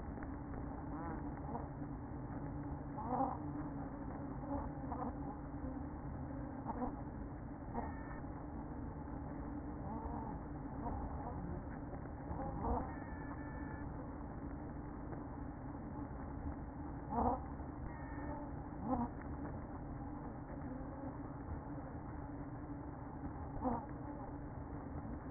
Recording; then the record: honeybee colony, microphone inside the hive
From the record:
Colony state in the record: queen present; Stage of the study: after two queens were removed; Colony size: about 60,000 bees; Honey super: yes